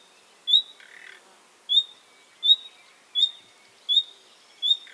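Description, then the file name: Common nightingale calls: short, high whistled notes repeated about every 0.7 seconds, with a brief low rasping burst after the first note and again at the end. "Luscinia megarhynchos"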